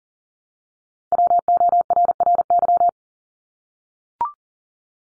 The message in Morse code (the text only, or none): WORRY